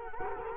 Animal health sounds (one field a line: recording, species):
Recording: mosquito wingbeat signal from an infrared sensor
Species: Culex quinquefasciatus